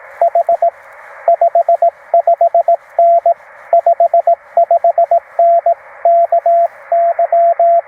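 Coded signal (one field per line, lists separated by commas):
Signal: Morse code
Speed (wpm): 20 wpm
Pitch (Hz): 690 Hz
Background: radio noise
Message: H 55N 55N KY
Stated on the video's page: POTA activation CW from a Penntek TR-45L with two 31-foot wires, sent with a Begali Traveler paddle.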